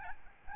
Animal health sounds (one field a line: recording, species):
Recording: mosquito wingbeat signal from an infrared sensor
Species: Aedes albopictus